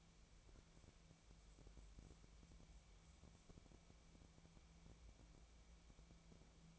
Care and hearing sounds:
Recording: daily activity, microphone in the room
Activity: wipe stove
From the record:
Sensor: 1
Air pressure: 1000.5 hPa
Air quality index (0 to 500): 183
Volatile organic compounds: 4 ppm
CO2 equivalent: 1689 ppm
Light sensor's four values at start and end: 12/30/12/14 and 13/30/13/15

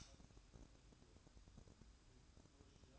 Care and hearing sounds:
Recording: daily activity, microphone in the room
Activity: light on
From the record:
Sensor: 2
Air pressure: 1007.7 hPa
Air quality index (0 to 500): 81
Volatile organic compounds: 1 ppm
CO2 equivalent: 650 ppm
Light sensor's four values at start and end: 8/18/8/8 and 12/33/13/13

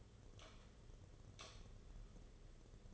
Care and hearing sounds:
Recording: daily activity, microphone in the room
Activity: light on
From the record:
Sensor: 4

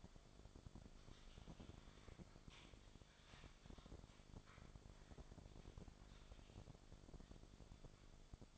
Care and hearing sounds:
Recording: daily activity, microphone in the room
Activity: typing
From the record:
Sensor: 5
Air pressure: 1004.6 hPa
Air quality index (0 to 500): 168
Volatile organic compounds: 4 ppm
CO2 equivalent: 1578 ppm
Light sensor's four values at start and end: 18/43/17/16 and 18/43/17/16

